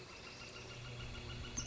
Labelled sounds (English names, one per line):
Northern Flicker